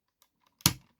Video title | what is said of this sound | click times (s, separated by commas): Transformers Review 26: G1 Grapple | You'll hear it snap | 0.7 s